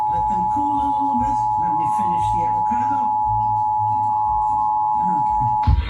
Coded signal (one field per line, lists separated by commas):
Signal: Emergency Alert System (SAME) tones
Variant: 853 and 960 Hz attention tone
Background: speech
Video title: Flash Flood Warning EAS (WVIZ) 8/3/2024